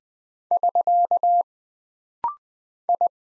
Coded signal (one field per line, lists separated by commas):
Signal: Morse code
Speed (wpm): 20 wpm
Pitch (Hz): 700 Hz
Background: none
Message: <SK> I